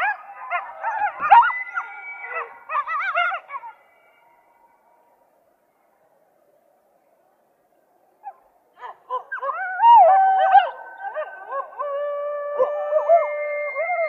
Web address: coyote